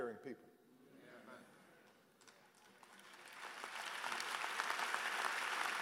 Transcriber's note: applause